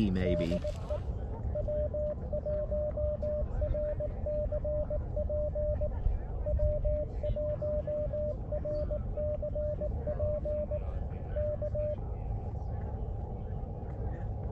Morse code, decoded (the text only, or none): DE W1RCP W1RCP K